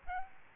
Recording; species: mosquito wingbeat signal from an infrared sensor; Aedes albopictus